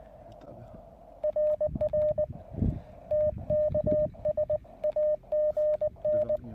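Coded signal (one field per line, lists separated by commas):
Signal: Morse code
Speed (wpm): 19 wpm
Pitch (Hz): 610 Hz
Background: none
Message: RR TKS AGN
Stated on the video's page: QRP CW on 20 m using a Weber MTR with a QRP-Guys tri-band vertical antenna.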